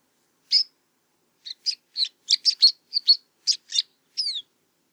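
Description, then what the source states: White-winged snowfinch: a high, sharp chirp followed by a loose, uneven series of about eleven chirps and twittering notes, ending on a falling note. Karwendelspitze, 6 July 2014.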